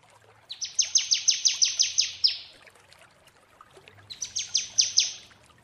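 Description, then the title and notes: Prinia song: two fast series of high, buzzy ticking notes, with a low background rumble. Long-duration Indonesian 'masteran' therapy recording of the prenjak, made for training songbirds. "Masteran Terapi Prenjak Durasi Panjang. Burung Prenjak"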